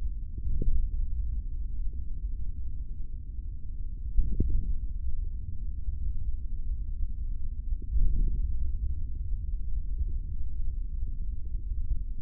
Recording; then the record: forearm muscle sounds (acoustic myography)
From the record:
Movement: tripod grip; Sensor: system 3, bracelet of six PUI Audio POM-2738L microphones around the upper forearm, with dedicated amplification and filtering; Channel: 1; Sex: male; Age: 25 years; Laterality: right